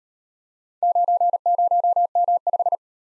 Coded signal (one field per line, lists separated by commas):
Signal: Morse code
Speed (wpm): 38 wpm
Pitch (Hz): 700 Hz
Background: none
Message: 90M5